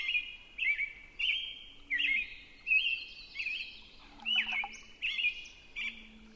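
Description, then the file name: Robin song: a run of short, clear whistled carolling phrases, each rising and falling, with faint higher bird notes behind. Recorded at 6 am on 20 June 2005. "jh-050620-6 am-robin"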